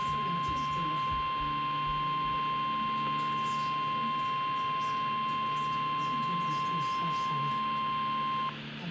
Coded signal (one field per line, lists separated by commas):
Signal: Emergency Alert System (SAME) tones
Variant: 1050 Hz attention tone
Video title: SPECIAL MARINEEEE [EAS #111]